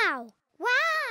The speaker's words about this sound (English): It's your echo. What's my echo? An echo is the sound you hear when you speak loudly in the mountains.